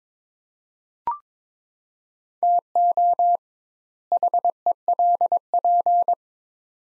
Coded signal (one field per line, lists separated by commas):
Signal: Morse code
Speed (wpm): 22 wpm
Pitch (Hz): 700 Hz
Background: none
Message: TO HELP